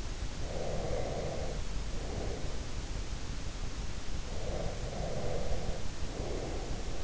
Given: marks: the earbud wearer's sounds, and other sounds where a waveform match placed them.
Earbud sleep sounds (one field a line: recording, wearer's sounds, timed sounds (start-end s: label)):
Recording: sounds in sleep by an in-ear microphone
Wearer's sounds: breath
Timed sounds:
0.43-2.69 s: breath
4.27-7.04 s: breath